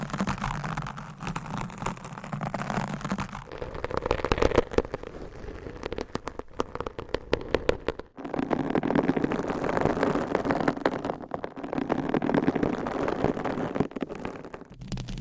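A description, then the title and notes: Dense scratching of long nails on microphones, a rough steady rasp with quick strokes and a brief silence around eight seconds. ASMR Mic Scratching Brain Scratching with 20 MICS & XXL ULTRA LONG NAILS No Talking.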